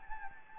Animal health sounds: mosquito wingbeat signal from an infrared sensor; Anopheles gambiae

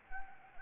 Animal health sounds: mosquito wingbeat signal from an infrared sensor; Anopheles gambiae

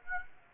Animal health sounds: mosquito wingbeat signal from an infrared sensor; Aedes aegypti

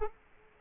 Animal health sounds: mosquito wingbeat signal from an infrared sensor; Culex quinquefasciatus

